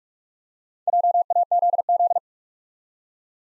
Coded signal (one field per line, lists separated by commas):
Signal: Morse code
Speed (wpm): 44 wpm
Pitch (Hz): 700 Hz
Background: none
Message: JAZZ